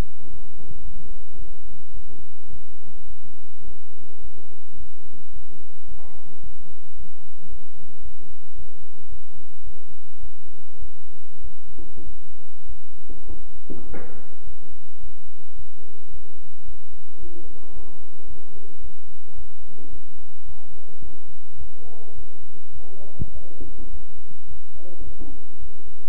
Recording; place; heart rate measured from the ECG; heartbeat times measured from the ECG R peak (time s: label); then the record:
heart sounds by stethoscope; between the tricuspid and mitral areas; 107 bpm
0.30 s: heartbeat
0.84 s: heartbeat
1.38 s: heartbeat
1.93 s: heartbeat
2.50 s: heartbeat
3.07 s: heartbeat
3.64 s: heartbeat
4.21 s: heartbeat
4.77 s: heartbeat
5.33 s: heartbeat
5.88 s: heartbeat
6.43 s: heartbeat
6.96 s: heartbeat
7.49 s: heartbeat
8.02 s: heartbeat
8.55 s: heartbeat
9.09 s: heartbeat
9.63 s: heartbeat
10.20 s: heartbeat
10.79 s: heartbeat
11.41 s: heartbeat
12.03 s: heartbeat
12.66 s: heartbeat
13.27 s: heartbeat
13.86 s: heartbeat
14.44 s: heartbeat
15.00 s: heartbeat
15.55 s: heartbeat
16.10 s: heartbeat
16.65 s: heartbeat
17.19 s: heartbeat
17.73 s: heartbeat
18.27 s: heartbeat
18.81 s: heartbeat
19.35 s: heartbeat
19.90 s: heartbeat
20.45 s: heartbeat
21.01 s: heartbeat
21.58 s: heartbeat
22.15 s: heartbeat
22.73 s: heartbeat
23.32 s: heartbeat
23.90 s: heartbeat
24.47 s: heartbeat
25.04 s: heartbeat
25.59 s: heartbeat
From the record:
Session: bicycle stress test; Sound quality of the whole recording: good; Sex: male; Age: 23 years